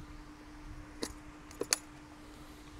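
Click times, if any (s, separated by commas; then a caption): 1.7 s. A Carpuride 702S Pro motorcycle navigation display is lined up and pushed into its handlebar mounting bracket. A steady low hum runs throughout, with light ticks near 1.0, 1.5 and 1.6 s before a sharp, bright snap at 1.7 s. The display clicks in and is seated in the mount.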